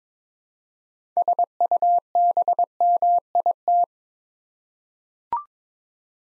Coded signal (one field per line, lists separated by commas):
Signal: Morse code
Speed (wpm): 22 wpm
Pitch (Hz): 700 Hz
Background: none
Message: SUBMIT